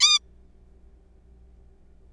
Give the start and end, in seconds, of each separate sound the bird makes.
0.01-0.19